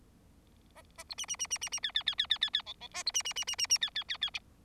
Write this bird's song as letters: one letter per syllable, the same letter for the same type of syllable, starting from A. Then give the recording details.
A A B C C C C C C D D D D D D D E E A B C C C C C C D D D D. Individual Bird4